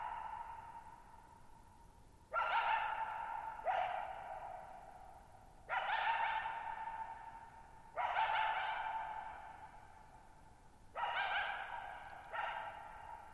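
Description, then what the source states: Coyote barks, rough and broad, some coming in pairs, with gaps of a few seconds, each fading slowly in a long echo. Lone coyote vocalizing for nearly 50 minutes, night of July 14, 2019, Thirtymile Meadows, Okanogan National Forest, Okanogan High Country, Pacific Northwest, 6400 ft (1950 m); high dry plateau, shallow-bowl meadow.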